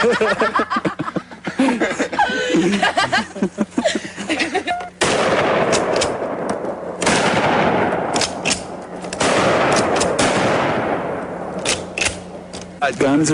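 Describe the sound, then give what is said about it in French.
Pump-action shotguns fired by a group of young friends playing with them in a forest: several loud booming shots with sharp cracks between them, while people laugh and chatter in the background. “les deux copains jouent avec d'autres camarades avec des fusils à pompe, oui, des fusils à pompe, dans une forêt.”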